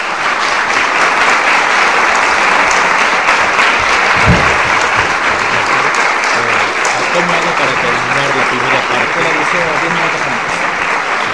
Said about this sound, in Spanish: Así que por todo esto yo también le pido a ustedes un fuerte aplauso